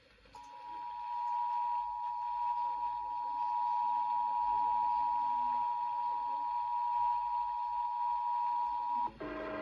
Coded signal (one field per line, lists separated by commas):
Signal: Emergency Alert System (SAME) tones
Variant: 853 and 960 Hz attention tone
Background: speech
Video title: EAS 947-961: Connecticut Required Monthly Test, 12:37 AM 8-17-2023